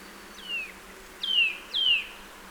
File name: Sitta europaea